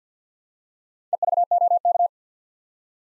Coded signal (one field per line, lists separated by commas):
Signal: Morse code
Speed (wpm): 48 wpm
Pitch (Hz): 700 Hz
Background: none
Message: EVOK